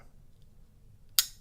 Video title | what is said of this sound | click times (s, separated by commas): Custom Knife Factory CKF Morrf titanium framelock flipper knife with M390 blade | Ooh. Man, you can just hear that. I mean, click, bang. | 1.2 s